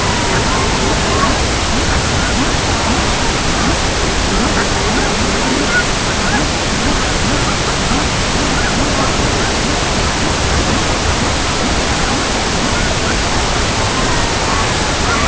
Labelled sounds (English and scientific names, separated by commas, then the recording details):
Pectoral Sandpiper (Calidris melanotos), unidentified sound, Red-throated Loon (Gavia stellata)
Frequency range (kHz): Red-throated Loon (Gavia stellata) 0.6-2.0 kHz
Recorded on Arctic tundra, site CORI-1, on 16 June 2018
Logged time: 06:00